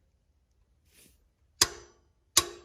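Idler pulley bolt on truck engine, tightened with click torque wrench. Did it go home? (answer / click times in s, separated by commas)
yes / 1.6 s, 2.4 s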